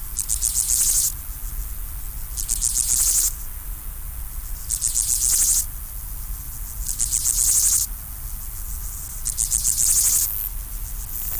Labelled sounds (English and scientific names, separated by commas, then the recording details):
Steppe Grasshopper (Chorthippus dorsatus) stridulation
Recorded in the wild
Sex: male
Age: imago
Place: Mühlenbeck, Brandenburg, DE
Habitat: Feuchtbiotop
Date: 1997-08-03 12:45
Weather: 24°C, heiter
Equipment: Sony MD-WM MZ-R3, Sennheiser ME 80, K 30 AV, Kopie Uher 4000 Report Monitor
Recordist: Tembrock, Günter